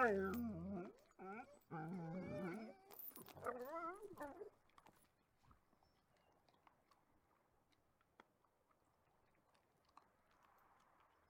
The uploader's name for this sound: Wolves vs. Dogs: Howling Showdown